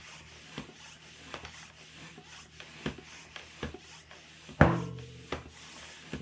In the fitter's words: You hear that? That's the bead starting to pop into place.